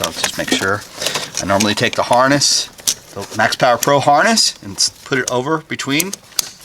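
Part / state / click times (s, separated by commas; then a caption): module harness plug into vehicle connector / seated / 6.4 s. On an Alfa Romeo Giulia 2.0, the MAXPower PRO V2 module harness plug is pushed into its mating vehicle connector while someone talks throughout. A sharp click at 6.4 s marks the plug seating and locking into place.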